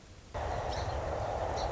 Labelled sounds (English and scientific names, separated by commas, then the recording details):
Song Sparrow (Melospiza melodia)
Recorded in Sonoma County, California